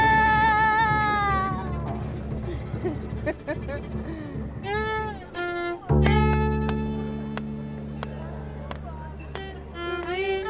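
Nuit Debout gathering at Place du Bouffay in Nantes: a high, wavering voice opens over a low steady hum, followed by short chirping, meow-like calls and clicks. Near six seconds a loud, deep sustained chord enters and holds while voices continue above it.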